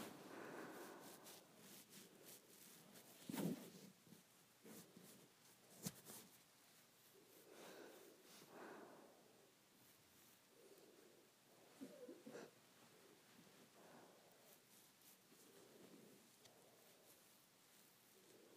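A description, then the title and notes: Hair being played with makes soft rustling and brushing swishes in irregular bursts, with sharper crackles near four, six and twelve seconds. ASMR Hair Play.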